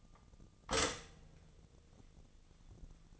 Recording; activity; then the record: daily activity, microphone in the room; stop toaster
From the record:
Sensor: 4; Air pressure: 1001.1 hPa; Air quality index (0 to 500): 161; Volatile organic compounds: 2 ppm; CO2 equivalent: 1172 ppm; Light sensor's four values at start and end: 16/36/16/16 and 16/37/16/17